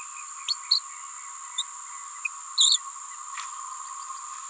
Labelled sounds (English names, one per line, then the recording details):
Green-rumped Parrotlet babbling
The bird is a female
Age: 28 days
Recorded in a nest box in Venezuela
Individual 17B31A3